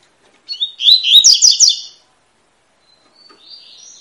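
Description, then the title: Double-collared seedeater song: a brief run of sweet warbled notes and quick slurred phrases, then silence and a faint high note. Tui-tui song type, fibra bird; a teacher (professor) song used to train young birds. "COLEIRO TUI TUI FIBRA CANTO PROFESSOR"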